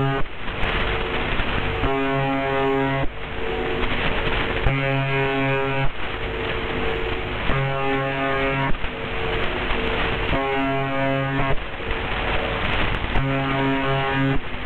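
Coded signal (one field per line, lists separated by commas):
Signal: channel marker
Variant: UVB-76 (The Buzzer)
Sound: five harsh low buzzes, each about a second, repeating roughly every three seconds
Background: radio static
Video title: Live pitch changing of UVB-76 "The Buzzer"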